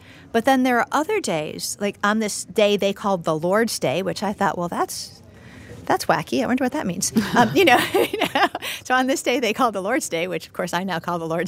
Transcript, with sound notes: But then there were other days, like on this day they called “the Lord’s day,” which I thought, Well, that’s whacky. I wonder what that means. (Laughing.) It’s on this day they call “the Lord’s day,” which, of course, I now call “the Lord’s day.”